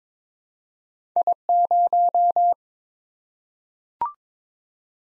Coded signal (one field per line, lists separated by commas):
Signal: Morse code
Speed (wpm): 22 wpm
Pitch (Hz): 700 Hz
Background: none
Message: I0